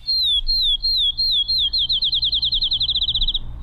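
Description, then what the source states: Field Sparrow singing: clear, high slurred whistles that start slow and evenly spaced, then speed up into a fast, bouncing trill. Song speeds up toward the end like a ping pong ball bouncing on a table.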